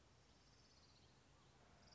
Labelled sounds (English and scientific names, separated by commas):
Orange-crowned Warbler (Leiothlypis celata)